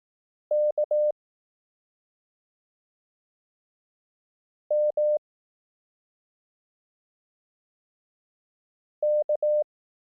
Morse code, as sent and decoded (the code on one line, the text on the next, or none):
-.- / -- / -.-
K M K